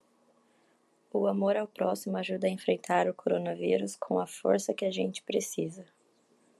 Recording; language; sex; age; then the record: spoken sentence; Brazilian Portuguese; female; 18 to 19 years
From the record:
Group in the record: control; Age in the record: 19 years